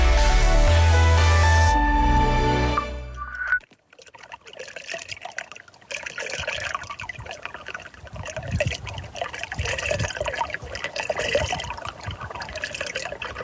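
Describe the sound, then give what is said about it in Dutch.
A few seconds of music, a short gap, then water flowing along a path and suddenly plunging straight down into a small vertical whirlpool at the Lentevreugd nature area in Wassenaar, a steady rushing, gurgling flow with bubbling swirls that keeps going to the end. “Water dat langs een pad stroomt en plots recht omlaag valt. In een soort verticaal kolkje.”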